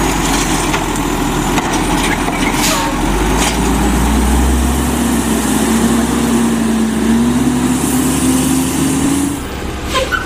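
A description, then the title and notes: A garbage truck's engine rumbles steadily and low throughout, with a droning tone that slowly rises in pitch from about four seconds to nine before easing off. Brief hissing bursts, like air brakes or hydraulics, break in around two, three and eight seconds. Garbage Trucks.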